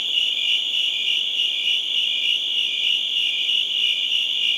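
Crickets give a steady high chirping, a shimmering pulsed trill throughout.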